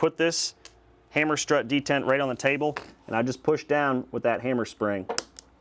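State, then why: Seated. Someone talks while pushing a lighter MCARBO hammer spring down onto the hammer strut detent of a Kimber Micro 9 pistol, with the strut resting on a table; this lighter spring is a tighter fit, made to stay tight on the detent. A sharp snap is heard at 5.4 s as the spring seats in place.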